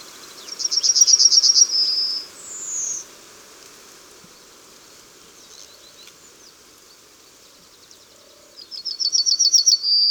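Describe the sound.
Yellowhammer song: a rapid series of high, buzzy repeated notes ending in a drawn-out note and a higher slurred note, then after a long pause a second series that is cut off.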